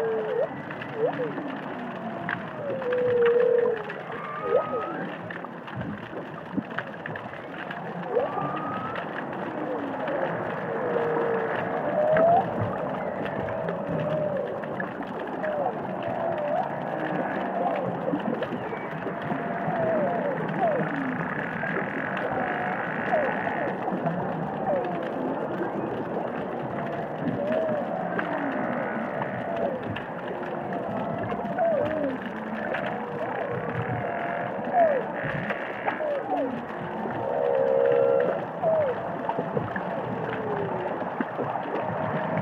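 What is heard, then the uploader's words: Humpback whales sing and call underwater, a dense, murky wash of overlapping moans, grunts and rising and falling whoops that never lets up. Brief squeaky calls stand out near the start and again late in the clip over a steady low rumble. Whale Song is a collection of underwater recordings of humpback whales singing and calling in the Indian Ocean.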